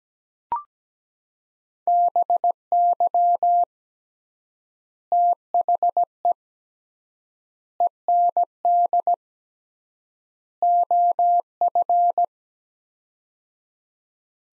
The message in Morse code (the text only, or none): BY THE END OF